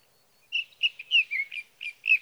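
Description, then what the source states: Sage thrasher song: a quick string of about eight warbled, slurred notes, each brief. Male singing through the night near his night roost, evening of June 12 to morning of June 15, 2018, Sierra Valley, California; Swift recorder.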